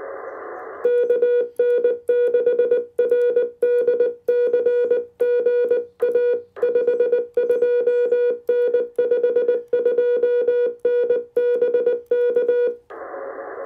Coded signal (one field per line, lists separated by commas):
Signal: Morse code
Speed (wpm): 19 wpm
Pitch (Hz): 3400 Hz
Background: music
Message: KN6RDC GA 5 2N 5 2N BK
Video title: A Much-Needed and Long-Overdue Return: QRP POTA at Tuttle Educational State Forest!